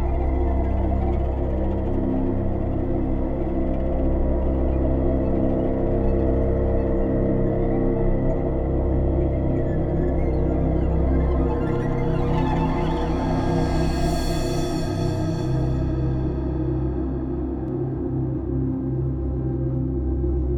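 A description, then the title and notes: A distant planet ambience made of a thick, steady low drone with layered, sustained tones that ring like a gong. Around the middle, a bright shimmering sweep rises and fades from roughly 12 to 16 seconds, while the rumbling bed holds at an even level throughout. Distant Planet Ambience.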